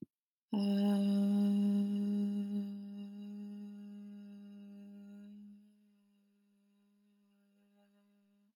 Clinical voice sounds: vowel held as long as possible; female; 20 to 29 years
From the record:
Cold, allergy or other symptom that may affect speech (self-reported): no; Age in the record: 20 years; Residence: North Carolina, United States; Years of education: 14

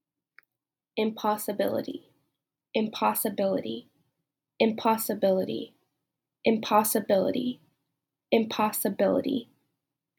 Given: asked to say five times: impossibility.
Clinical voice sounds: repeated word; female; 20 to 29 years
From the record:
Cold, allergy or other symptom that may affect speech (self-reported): no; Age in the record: 22 years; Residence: Alabama, United States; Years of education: 14

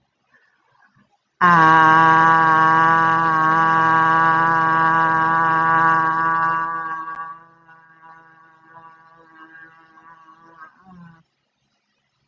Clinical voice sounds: vowel held as long as possible; female; 40 to 49 years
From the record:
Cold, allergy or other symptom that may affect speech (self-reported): no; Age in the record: 48 years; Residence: Louisiana, United States

